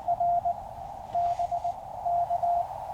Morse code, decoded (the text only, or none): R BK